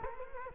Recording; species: mosquito wingbeat signal from an infrared sensor; Culex quinquefasciatus